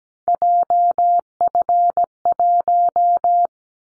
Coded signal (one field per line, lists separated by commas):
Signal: Morse code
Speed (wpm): 17 wpm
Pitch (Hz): 700 Hz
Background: none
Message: JF1